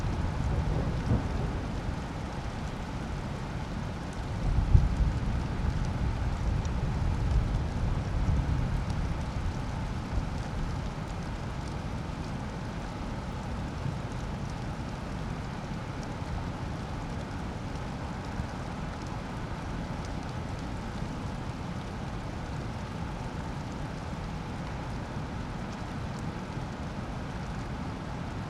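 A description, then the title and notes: A swollen torrential stream rushes with a steady, dense roar, heaviest in the low end, swelling briefly around five to eight seconds before settling. Alpine Thunderstorm. The area above Kamniška Bistrica, surrounded by mountains, was hit by a series of extremely powerful thunderstorms. The recorded storm passed over the area during the night and you can hear the sounds of swollen torrential streams. Recorded in Slovenia by Gregor Vida.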